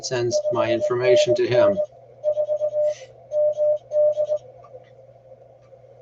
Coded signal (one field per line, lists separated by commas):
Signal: Morse code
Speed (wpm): 18 wpm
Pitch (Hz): 600 Hz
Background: speech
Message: 5NN 4 MD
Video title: Contesting Demo - VA QSO Party 2015